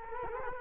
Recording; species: mosquito wingbeat signal from an infrared sensor; Culex quinquefasciatus